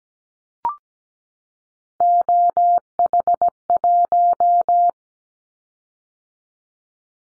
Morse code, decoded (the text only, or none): OH1